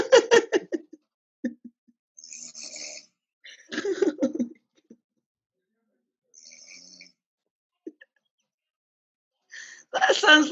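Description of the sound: Loud, rough snorts alternate with hissing breaths and pauses: an adult snoring during sleep, captured by the Sleep Recorder app, with no sleep talking, only snoring, likened to a horny buffalo and to an orchestra.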